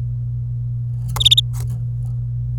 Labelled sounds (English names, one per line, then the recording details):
Domestic Canary song
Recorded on 26 April 2018 at 09:59
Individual llb3